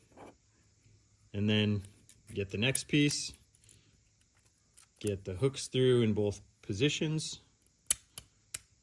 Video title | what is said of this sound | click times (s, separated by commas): Super Sized Snap Together Rock Crawler Bridge - IMPROVED! | snap snap and before you know it | 7.9 s, 8.2 s, 8.6 s